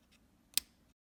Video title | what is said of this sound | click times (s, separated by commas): HP HC46 Keyboard Key and Hinge Clip installation guide | Center tacky cap over the hinge and once a line push down and you should hear it snap into place | 0.6 s